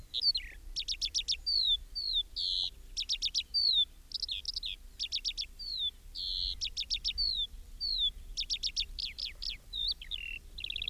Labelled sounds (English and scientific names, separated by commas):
Eurasian Skylark (Alauda arvensis) song